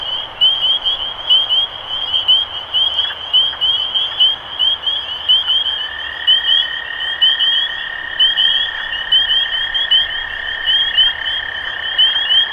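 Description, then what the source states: Chorus of spring peepers, rapid rising peeps piling over one another throughout, with a continuous lower droning tone joining partway through. Recorded 23 March 2012.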